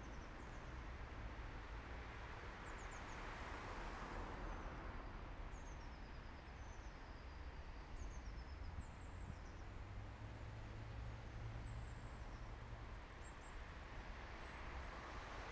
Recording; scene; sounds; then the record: everyday scene through a hearing-aid microphone; in traffic; traffic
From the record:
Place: main city hub, rush hour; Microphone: behind the ear, right, front